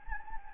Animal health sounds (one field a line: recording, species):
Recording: mosquito wingbeat signal from an infrared sensor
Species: Anopheles gambiae